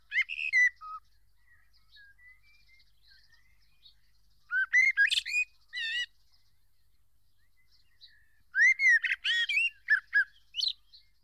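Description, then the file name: Eurasian blackbird song: fluted warbling phrases mixed with thin squeaky twitters, in three bursts separated by pauses of a few seconds. "Spectacular Sound Effects - Birds Blackbird"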